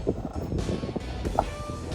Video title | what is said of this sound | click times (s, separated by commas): Aqua Magic Toilet Valve Replacement Made EASY! | And then push this guy in until it clicks down there. | 1.4 s